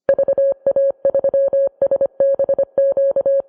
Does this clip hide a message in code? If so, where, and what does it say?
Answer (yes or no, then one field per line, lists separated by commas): yes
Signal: Morse code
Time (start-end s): 0.1-3.4 s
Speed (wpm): 25 wpm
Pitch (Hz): 550 Hz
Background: none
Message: VA3SBQ